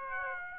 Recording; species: mosquito wingbeat signal from an infrared sensor; Aedes aegypti